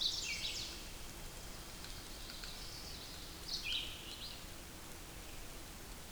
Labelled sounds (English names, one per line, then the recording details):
Red-eyed Vireo song
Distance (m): 35 m
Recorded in boreal forest in Alberta, Canada, on 8 June 2016 at 08:44
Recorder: SongMeter 3, array SBT-3-9
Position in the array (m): 35 m, 112 m